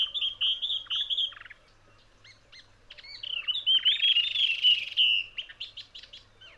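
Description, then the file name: Spiny babbler song: bright, varied phrases of whistles, chirps and short rattles, with a louder warbled run in the middle and quick notes at the end. "spiny babler omkicau"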